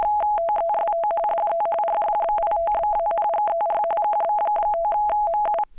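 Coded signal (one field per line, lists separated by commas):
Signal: RTTY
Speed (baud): 45.45 baud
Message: TEST DE RFBITBANGER KB5MU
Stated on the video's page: Morse and RTTY modes generated by the RFBitBanger radio.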